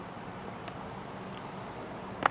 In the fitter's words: and it'll snap into place.